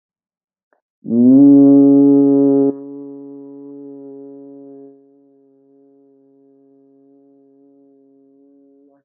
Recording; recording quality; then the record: sustained vowel as in beet; excellent, no background noise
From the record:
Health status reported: healthy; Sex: male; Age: 37 years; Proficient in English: yes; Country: India